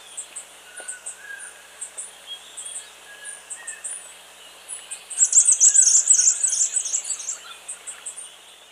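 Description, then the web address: Blue-capped tanager calls: thin, high chirps repeated quickly, then a dense burst of sharp twittering notes in the second half. Recorded in Ecuador. "Birds of Ecuador. Blue-capped Tanager"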